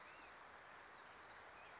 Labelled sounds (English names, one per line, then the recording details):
Black-headed Grosbeak
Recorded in Sonoma County, California